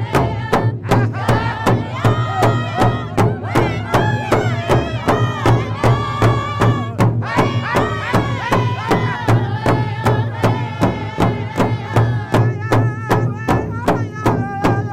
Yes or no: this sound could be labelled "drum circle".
yes